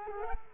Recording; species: mosquito wingbeat signal from an infrared sensor; Culex quinquefasciatus